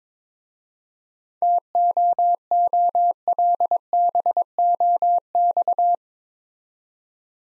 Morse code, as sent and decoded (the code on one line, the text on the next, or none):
- --- --- .-.. -... --- -..-
TOOLBOX